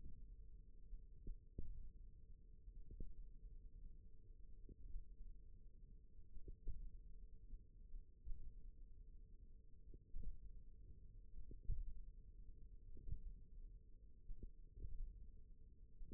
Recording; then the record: forearm muscle sounds (acoustic myography)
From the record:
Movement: finger pinch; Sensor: system 1, eight BSWA MPA416 microphones around the upper forearm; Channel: 1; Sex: female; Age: 21 years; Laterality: right